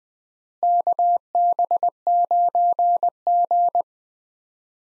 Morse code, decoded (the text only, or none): KB9G